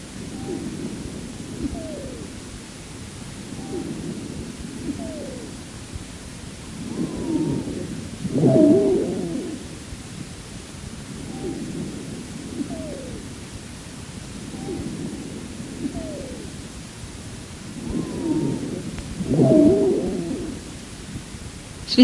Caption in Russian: Больной, страдающей хроническим обструктивным бронхитом. Основной дыхательный шум представлен жестким дыханием. Сухие свистящие хрипы усиливаются во время резкого выдоха. У той же больной при форсированном выдохе. Свистящие хрипы свидетельствуют о бронхообструктивном синдроме.